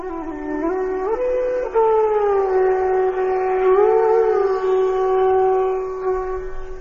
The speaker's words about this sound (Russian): На другой стороне поля Кришна и Арджуна, находясь на своей огромной колеснице, запряженной белыми лошадьми, затрубили в свои божественные раковины.